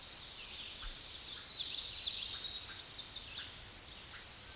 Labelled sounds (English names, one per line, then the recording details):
Common Yellowthroat song
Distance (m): 15 m
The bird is about level with the microphone
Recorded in a Pennsylvania forest on 16 May 2024 at 06:15
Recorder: AudioMoth, point MSD-2110
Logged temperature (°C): 16.4 °C
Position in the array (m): 43 m, 170 m